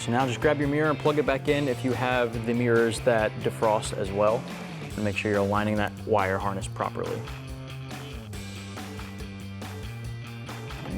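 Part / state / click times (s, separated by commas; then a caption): side mirror glass into mirror housing / not seated / none. Someone talks over background music while the side mirror glass of a 2015–2018 F-150 is held and its defrost wire harness is plugged in and lined up before the glass is pressed into the mirror housing. A brief, faint sound comes at about 8.3 seconds as the music continues. Nothing has seated or clicked yet.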